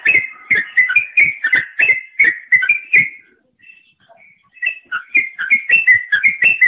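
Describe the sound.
Bird song of rapid whistles, a dense burst for about three seconds, a short quiet break, then the whistled phrases resume.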